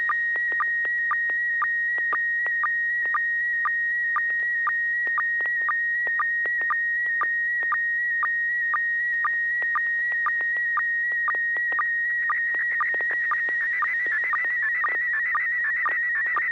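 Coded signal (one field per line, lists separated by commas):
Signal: SSTV (slow-scan television)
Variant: PD120 mode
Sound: steady high warbling tone with rhythmic clicks about twice a second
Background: low hum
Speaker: we're going to be standing on pv-120 pt120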